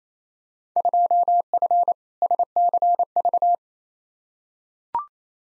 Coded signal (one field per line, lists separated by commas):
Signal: Morse code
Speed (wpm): 28 wpm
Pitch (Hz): 700 Hz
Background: none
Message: 2F SCV